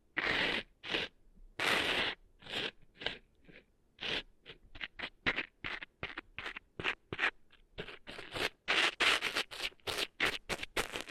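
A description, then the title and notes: Cleaning sand out of ears comes through as a run of short, hissy scraping strokes, each lasting under a second. The early strokes are longer and spaced by brief silences; after about five seconds they grow quicker and denser, sharp and bright, with almost nothing underneath. ASMR Cleaning Sand Out of Your Ears (No Talking).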